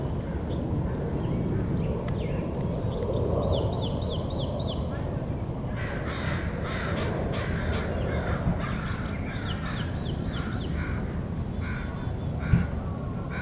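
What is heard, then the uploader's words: Outdoors at Magnuson Park in Seattle, crows caw in repeated bursts around 6 to 9 seconds and again near 12 seconds, with bright chirping birdsong at about 3 and 10 seconds. A steady low rumble and murmur of voices fill the background throughout. Recorded at Magnuson Park, Seattle.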